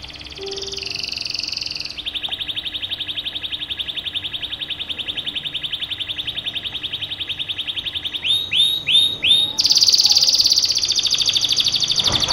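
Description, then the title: Atlantic canary delivering a long, even, buzzy rolling trill for several seconds, then a few looping notes and a brighter high trill, over a faint steady hum. Hobby canary named Jenggo, its song said to sound like a lovebird's. "HOBI BURUNG : Si Jenggo kenari rasa Lovebird"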